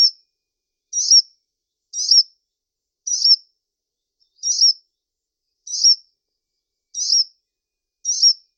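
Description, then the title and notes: Bird calling with a single high, slightly slurred chirp repeated steadily about once a second; clean, quiet background. "Bird Sound. Kicau Burung Lengkap"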